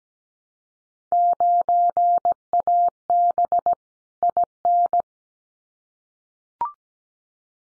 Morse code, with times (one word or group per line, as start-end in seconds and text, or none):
1.1-3.7 9AB
4.2-5.0 IN